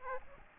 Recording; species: mosquito wingbeat signal from an infrared sensor; Aedes aegypti